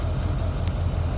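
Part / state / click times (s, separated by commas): trailer kingpin into fifth wheel hitch jaws / seated / 0.7 s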